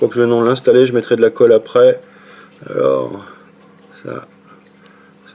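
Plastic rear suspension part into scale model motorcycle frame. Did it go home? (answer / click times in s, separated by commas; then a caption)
yes / 4.9 s. Someone talks while fitting a plastic rear suspension part onto the plastic frame of a Tamiya YZF R1 scale model motorcycle. After a quiet stretch, a single short, sharp click is heard at 4.9 s as the part clips on and seats, with glue to be added afterwards.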